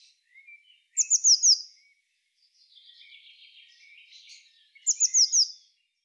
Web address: SETE data Cyanistes caeruleus